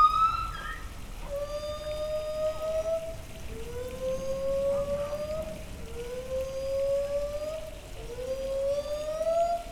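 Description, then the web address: White-handed gibbon hoots: long, clear, gently rising notes repeated every two seconds or so, with a faint higher overtone and a soft background hiss. Captive gibbons in a zoo, recorded in 2012; they tune up, then move off, with babbling water audible. "debrecenizoo 2012 premium feherkezugibbon"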